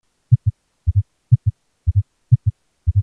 Third and Fourth Heart Sound Gallop.